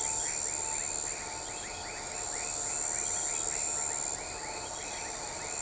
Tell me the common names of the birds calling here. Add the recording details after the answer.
none. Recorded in shrubland near Pivijay, Magdalena, Colombia, on 13 April 2023 at 01:30. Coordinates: 10.453, -74.365. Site P5-G022